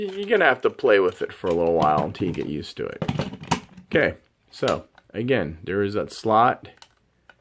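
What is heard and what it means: Someone talks while handling a plastic panel on a transforming robot action figure, with a few small plastic handling ticks mid-clip and two sharp taps at the very end. The panel is being worked toward its slot during transformation, but nothing has seated or clicked yet.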